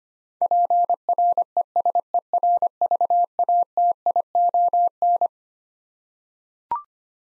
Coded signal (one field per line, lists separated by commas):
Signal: Morse code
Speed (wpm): 25 wpm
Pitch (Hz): 700 Hz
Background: none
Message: PRESERVATION